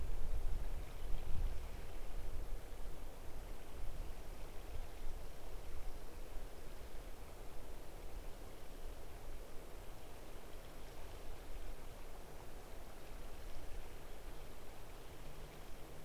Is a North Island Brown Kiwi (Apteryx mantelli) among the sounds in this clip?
no